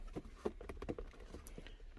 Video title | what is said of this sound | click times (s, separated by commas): Ferrari 458 Window Switch Replacement | put this back where it goes, and then just push it down. You can kind of hear it snap in place. | 1.5 s